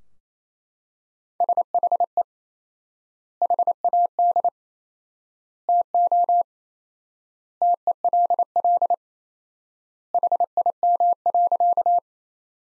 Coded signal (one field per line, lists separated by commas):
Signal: Morse code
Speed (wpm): 28 wpm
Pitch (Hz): 700 Hz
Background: none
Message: SHE HAD TO TELL HIM.